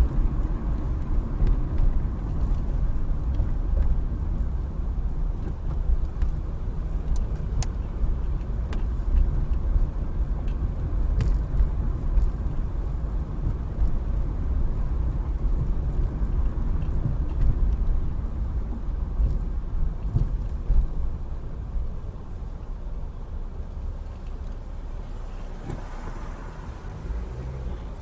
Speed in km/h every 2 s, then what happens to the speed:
31, 26, 18, 18, 24, 27, 26, 27, 24, 18, 13, 6, 3, 6.
0-4 slows to 18. 6-10 speeds up to 27. 10-15 steady at about 27. 15-25 slows to 3.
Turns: none.